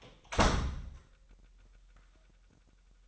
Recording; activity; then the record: daily activity, microphone in the room; close door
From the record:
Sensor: 3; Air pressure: 998.4 hPa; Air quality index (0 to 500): 141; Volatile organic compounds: 4 ppm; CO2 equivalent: 1690 ppm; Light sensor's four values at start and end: 16/46/19/17 and 16/46/19/17